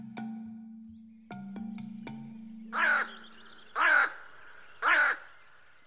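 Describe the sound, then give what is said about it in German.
Three loud, harsh crow caws ring out at an even, unhurried pace, following a few seconds of low steady hum broken by several sharp clicks. “Doch gerade diese Unterschiede sind es, die die Krähen für die Forschung so interessant machen.”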